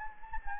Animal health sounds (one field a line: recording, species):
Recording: mosquito wingbeat signal from an infrared sensor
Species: Anopheles gambiae